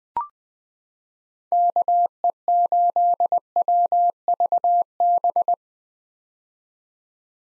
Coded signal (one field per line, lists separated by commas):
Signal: Morse code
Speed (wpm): 20 wpm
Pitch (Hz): 700 Hz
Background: none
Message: KE8WVB